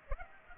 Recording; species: mosquito wingbeat signal from an infrared sensor; Aedes aegypti